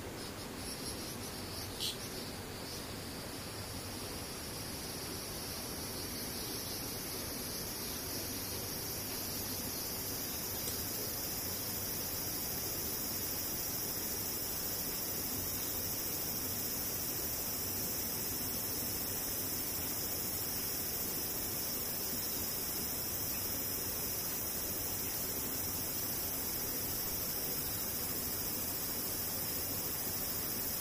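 Cicadas buzz in a steady, dense drone, a high shrill band that holds unbroken for the whole half minute. A brief click comes near the two-second mark. Underneath runs a constant rushing hiss, even and unchanging throughout.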